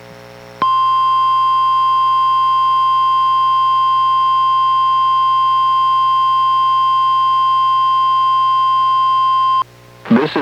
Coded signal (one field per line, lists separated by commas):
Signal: Emergency Alert System (SAME) tones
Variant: 1050 Hz attention tone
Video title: EAS #928: NWR Required Weekly Test- May 1, 2024- 11:02AM PDT